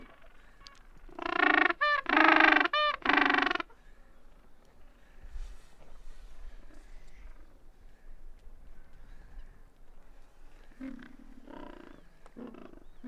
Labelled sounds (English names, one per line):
Gentoo Penguin call